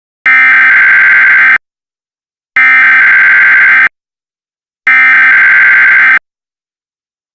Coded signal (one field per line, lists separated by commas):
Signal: Emergency Alert System (SAME) tones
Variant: header bursts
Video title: EAS Weekly Test During Triton VTV